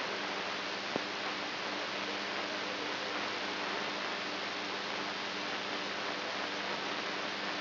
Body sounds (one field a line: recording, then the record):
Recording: brain microelectrode recording played as sound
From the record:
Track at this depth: inside the subthalamic nucleus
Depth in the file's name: 4.116 mm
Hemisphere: right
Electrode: 2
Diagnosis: Parkinson's disease